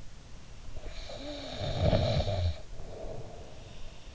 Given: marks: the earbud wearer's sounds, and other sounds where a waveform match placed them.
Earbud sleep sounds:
sounds in sleep by an in-ear microphone; snoring breath
0.71-4.07 s: snoring breath

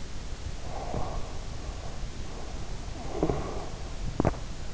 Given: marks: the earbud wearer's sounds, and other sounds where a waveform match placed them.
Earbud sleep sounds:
sounds in sleep by an in-ear microphone; breath, snoring breath, teeth grinding
0.59-2.74 s: breath
2.70-3.89 s: snoring breath
3.80-4.66 s: teeth grinding

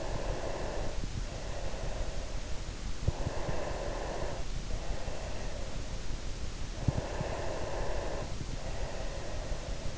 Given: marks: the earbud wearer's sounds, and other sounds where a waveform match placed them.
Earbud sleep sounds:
sounds in sleep by an in-ear microphone; breath
0.00-2.79 s: breath
3.12-6.04 s: breath
6.56-9.88 s: breath

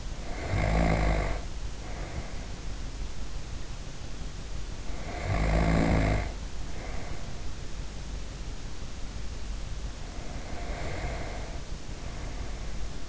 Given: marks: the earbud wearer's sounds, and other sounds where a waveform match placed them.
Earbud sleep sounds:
sounds in sleep by an in-ear microphone; snoring breath, breath
0.00-2.58 s: snoring breath
4.78-7.53 s: snoring breath
9.66-13.08 s: breath

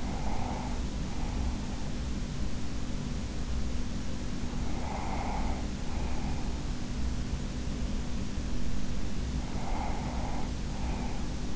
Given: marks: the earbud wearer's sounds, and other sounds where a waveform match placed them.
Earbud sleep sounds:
sounds in sleep by an in-ear microphone; breath
0.00-2.13 s: breath
4.52-7.01 s: breath
9.27-11.56 s: breath

